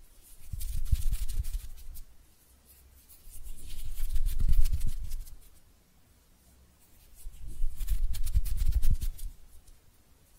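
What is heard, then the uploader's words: Hands rub together in three slow, even strokes of dry, scratchy friction, each lasting about two seconds and swelling then fading. Soft low thumps and a bright crisp hiss ride along with each pass, and near-silent pauses separate them. ASMR Relaxing Hand Sounds (No Talking).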